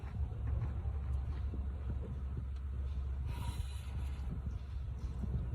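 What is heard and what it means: A metal retaining snap ring is being refitted with pliers into the groove of an L5P transmission cooler bypass valve bore, after the valve has been pushed into its bore. Only a steady low rumble with faint handling noise is heard, with no distinct click. The ring has not snapped into its groove yet, and nothing has seated.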